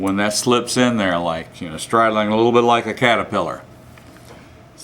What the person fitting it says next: Set those in there. She slides in pretty easily. You can hear that click properly.